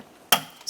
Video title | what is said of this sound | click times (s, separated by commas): How to Replace Front Door Speakers 2007-2012 Nissan Versa | Slide it in, listen for a click, and give it a light tug to make sure that is secure. | 0.3 s